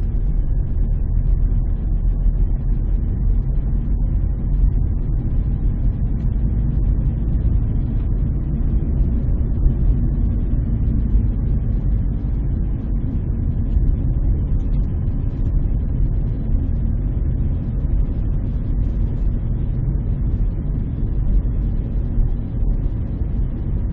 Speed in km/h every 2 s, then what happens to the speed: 19, 20, 21, 24, 25, 24, 23, 24, 23, 24, 23, 22.
0-7 speeds up to 25. 7-24 steady at about 23.